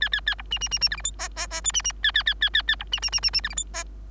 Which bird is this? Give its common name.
Bengalese Finch